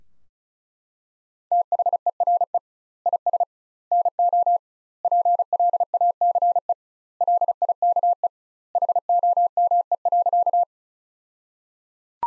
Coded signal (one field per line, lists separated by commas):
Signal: Morse code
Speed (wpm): 34 wpm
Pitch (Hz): 700 Hz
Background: none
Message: THERE IS NO PLACE LIKE HOME.